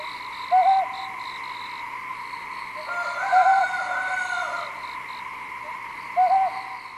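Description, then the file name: Ryukyu scops owl call: short, low, hooting double notes repeated roughly every three seconds over a steady, high-pitched chorus of insects or frogs. Recorded in Okinawa on 12 March 2006. "ryuukyuukonohazuku 060312 okinawa kaji"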